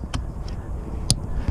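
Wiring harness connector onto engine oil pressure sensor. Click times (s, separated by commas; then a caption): 1.1 s. The plastic wiring harness connector is pushed onto the new oil pressure sensor on the V8 engine of a 2013 Chevy Avalanche, a replacement made for codes P0521 and P0523. Two softer ticks at 0.1 s and 0.5 s come before a sharp, loud snap at 1.1 s as the connector latches home. The white staple-shaped lock is fully down and the connector holds when tugged, so it is seated.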